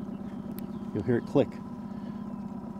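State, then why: Seated. Fishing line, looped behind a ridge, is held down with the thumb and snapped into a plastic downrigger line release clip, giving a short sharp click at 0.6 s over a steady low hum. Someone then talks briefly. The line is seated in the release clip.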